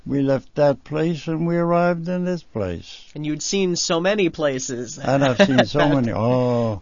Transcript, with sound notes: We left that place, and we arrived in this place.
And you'd seen so many places. ( he laughs )
And I'd seen so many, oh.